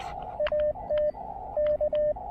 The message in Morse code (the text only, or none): AT K